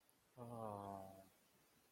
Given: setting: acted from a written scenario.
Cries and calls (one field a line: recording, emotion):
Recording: vocal sound without words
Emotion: sympathy